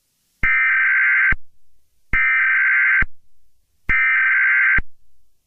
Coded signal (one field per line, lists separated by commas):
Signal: Emergency Alert System (SAME) tones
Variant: header bursts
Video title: EAS scenario 5: Herobrine 2: We are under attack